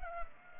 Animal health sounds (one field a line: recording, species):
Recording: mosquito wingbeat signal from an infrared sensor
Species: Culex pipiens